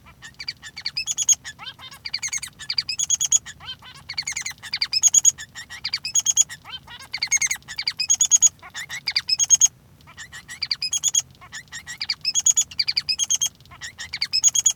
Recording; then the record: song of a male Bengalese finch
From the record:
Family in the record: son of father 3